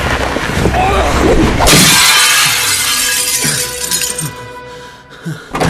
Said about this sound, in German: Sir, was ist passiert? Bitte? Ach, nichts weiter. Ich habe den Spiegel zerbrochen.